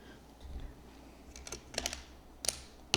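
A stack of 100% cotton watercolor paper is adjusted inside a small vintage metal aspirin tin after an earlier try was too full to close. Soft paper rustling and light ticks at about 1.8, 1.9 and 2.5 seconds lead to a sharp, loud metallic snap at 2.9 seconds. The hinged metal lid snaps shut and the tin is closed.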